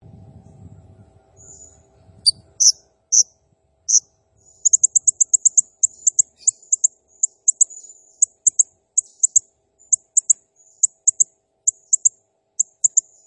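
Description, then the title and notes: Blue-crowned hanging parrot producing a rapid run of very high, tinny chirps, then evenly spaced paired notes, after a brief low rumble at the start. Used as a masteran (training) and lure sound for hanging parrots; described as gacor (lively, continuous calling), said to rile up all birds. "Burung Serindit Nembak Gacor Bikin Emosi Semua Burung. Suara Nasteran Dan Pemikat Burung Serinditan Gacor"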